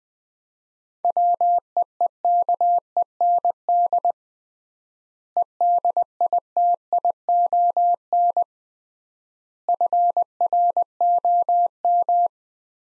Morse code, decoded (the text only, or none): WEEKEND EDITION FROM